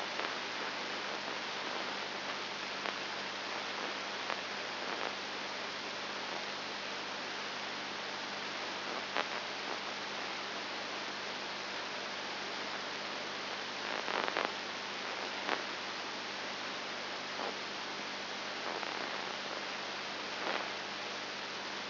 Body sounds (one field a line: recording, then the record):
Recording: brain microelectrode recording played as sound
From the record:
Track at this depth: inside the subthalamic nucleus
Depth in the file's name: 5.301 mm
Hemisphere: left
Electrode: 2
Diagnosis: Parkinson's disease